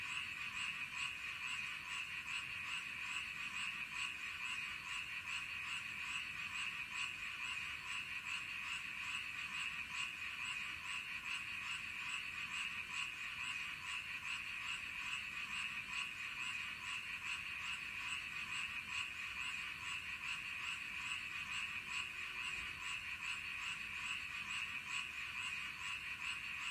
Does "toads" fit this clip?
yes